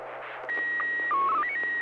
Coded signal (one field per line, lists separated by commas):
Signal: SSTV (slow-scan television)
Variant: PD 120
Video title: N6NA SSTV Net - 09/10/2025